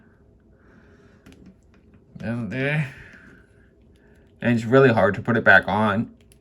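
A stiff, hard-to-fit plastic part of an Amazon-exclusive DC Multiverse Atomic Skull action figure is being handled and pushed back onto the figure. Faint plastic taps and rubbing come around 1.3 to 1.9 s and a small tick near 6.3 s, while someone talks. Nothing has seated or clicked yet.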